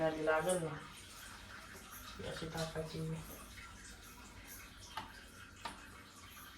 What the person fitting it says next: खाली लॉक झाली